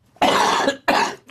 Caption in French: Je vais tousser. J'étais malade quelques jours avant.